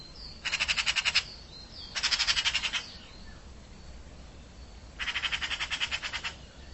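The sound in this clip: Bird giving harsh rattling calls: three dry bursts, each a fast train of clicks lasting about a second, with faint thin whistles in between.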